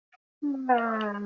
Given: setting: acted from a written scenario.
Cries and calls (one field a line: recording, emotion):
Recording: vocal sound without words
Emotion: disappointment